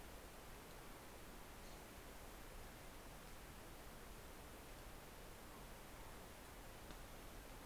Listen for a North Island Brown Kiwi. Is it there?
no